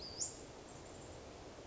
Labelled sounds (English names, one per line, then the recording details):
Western Flycatcher
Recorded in Sonoma County, California